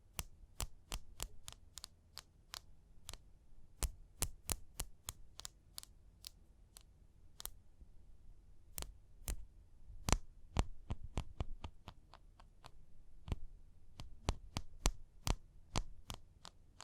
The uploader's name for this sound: Tapping and Scratching